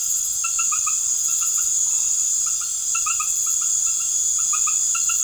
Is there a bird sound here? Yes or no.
no